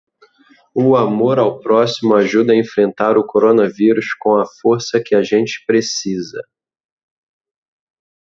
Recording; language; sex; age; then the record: spoken sentence; Brazilian Portuguese; male; 30 to 39 years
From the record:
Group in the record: control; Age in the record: 39 years